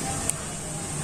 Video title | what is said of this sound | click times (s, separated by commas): Hidden spy camera in fitness band or wrist Band -- How to use -- Unboxing and Full Review | दो, सीधा click की आवाज आई, मतलब ये कम्प्लीट हो चुका है, | 0.3 s